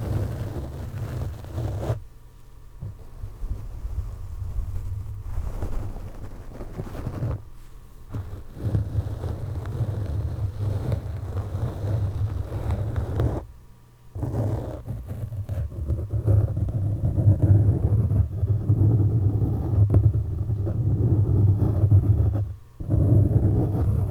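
Gloved fingers scratch and rub over a microphone, making a thick, low rumbling scrape that runs almost without pause. The noise cuts off abruptly a few times, near 2, 7, 14 and 23 seconds, then resumes, growing heavier and rougher in the second half.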